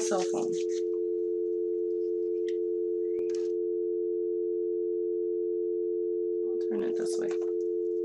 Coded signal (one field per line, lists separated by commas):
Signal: telephone call progress tone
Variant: North America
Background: speech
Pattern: dial tone